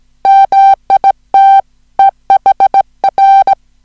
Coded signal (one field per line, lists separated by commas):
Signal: Morse code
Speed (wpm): 17 wpm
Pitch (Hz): 780 Hz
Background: music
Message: MIT EHR